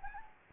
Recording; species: mosquito wingbeat signal from an infrared sensor; Anopheles gambiae